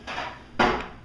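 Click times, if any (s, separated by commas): none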